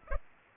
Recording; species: mosquito wingbeat signal from an infrared sensor; Culex pipiens